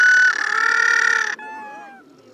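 White-flippered penguin call: a loud, harmonic, nasal note held for over a second with a slight pulsing, then cut off, leaving faint wavering tones.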